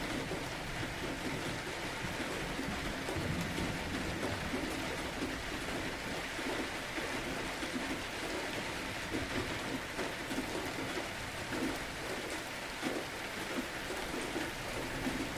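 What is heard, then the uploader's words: Dense, steady rain hisses across all fifteen seconds, with a low rumbling undertone and no distinct thunderclaps standing out. Rain in Barovia: ambient soundscape for sleep or D&D.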